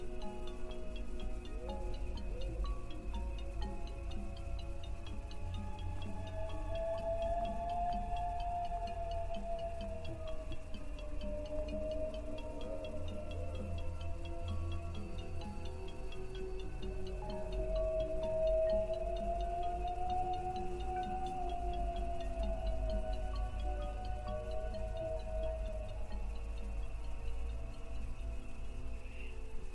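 A ghostly female voice sings a slow, wavering lullaby-like line, rising and falling in long drawn-out moans from about six seconds and again after seventeen. Beneath it runs a steady low rumble, a thin constant whine and faint regular ticking.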